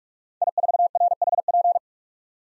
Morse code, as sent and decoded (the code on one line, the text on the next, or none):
.. ....- .-. .... .--.
I4RHP